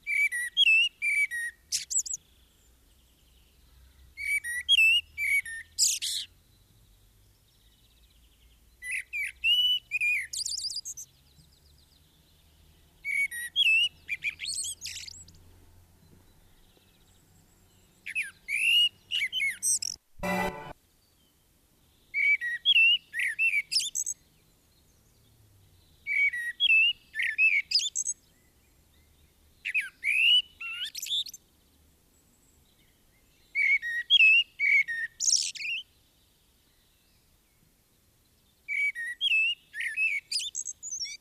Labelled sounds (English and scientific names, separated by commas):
Common Blackbird (Turdus merula) song